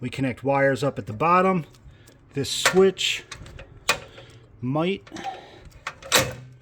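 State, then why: Seated. Someone talks while the handle of a non-fused electrical disconnect is turned up, and its metal switch blades snap into their contact jaws with a sharp click at 5.9 seconds. The blades are seated in place.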